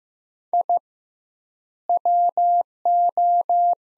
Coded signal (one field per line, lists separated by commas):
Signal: Morse code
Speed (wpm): 15 wpm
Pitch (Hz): 700 Hz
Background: none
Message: I WO